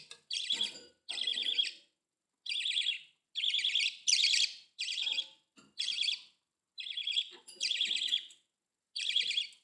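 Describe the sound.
Budgerigar calls: a series of harsh, buzzy chirps in short bursts with brief gaps, some rapid and warbled, continuing through the whole stretch.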